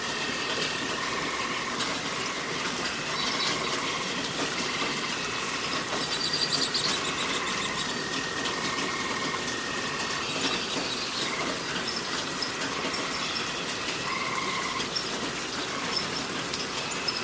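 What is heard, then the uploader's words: Rain falls in a steady, dense hiss over a forest, unchanging in level throughout. Continuous high, buzzing calls, like frogs or insects, hold steady pitched tones across the whole stretch, with brighter chirping bursts coming and going around the middle. Relaxing Rain Sounds & Forest Ambience - White Noise.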